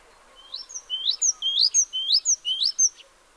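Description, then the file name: Great tit: a quick series of sharp, high notes in repeated short phrases, clear against a quiet background. "Parus major"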